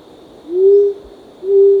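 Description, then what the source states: Short-toed coucal: two deep, hollow hoots close together, the first slightly rising. Recorded on 1 April 2006.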